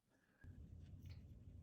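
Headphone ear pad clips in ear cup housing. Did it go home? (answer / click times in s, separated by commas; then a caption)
no / none. A new ear pad for Sony XM5 headphones is held against the ear cup while its plastic clips are lined up with the openings on the inner housing, before any pressure is applied. Only quiet handling is heard, a soft low rumble that rises at about 0.4 s with faint rustling on top. Nothing has seated or clicked yet.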